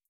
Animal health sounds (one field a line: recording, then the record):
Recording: hydrophone in a shrimp aquaculture tank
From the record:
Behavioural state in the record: feeding